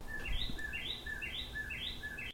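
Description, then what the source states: Northern Cardinal song: a repeated two-part phrase, a lower slurred note followed by a higher sweep, given several times over background noise. Singing outside a window on a hot day.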